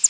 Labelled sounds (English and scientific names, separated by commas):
Northern Parula (Setophaga americana) flight call